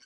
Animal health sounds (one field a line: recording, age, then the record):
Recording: pig call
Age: piglet (1 to 25 days)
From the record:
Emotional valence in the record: positive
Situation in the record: reunion after long isolation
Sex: male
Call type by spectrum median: high-frequency call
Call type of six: low-frequency tonal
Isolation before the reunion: 8 minutes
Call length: 0.06 s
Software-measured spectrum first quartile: 1816 Hz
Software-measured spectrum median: 3984 Hz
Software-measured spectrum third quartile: 5038 Hz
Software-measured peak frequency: 4481 Hz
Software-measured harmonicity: 5.0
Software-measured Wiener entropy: -1.83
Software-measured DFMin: 895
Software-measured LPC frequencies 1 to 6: 1540, 2241, 3005, 4490, 5512, 6028 Hz